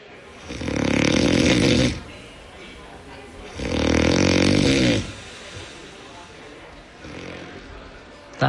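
An adult's snoring, a particularly bad example: two loud, rattling snores on long in-breaths about three seconds apart, then a fainter third breath.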